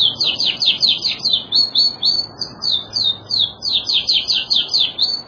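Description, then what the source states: Bird song of rapid, sharply descending whistled notes in quick series, with brief pauses between series. Masteran recording, used as training audio for cage birds.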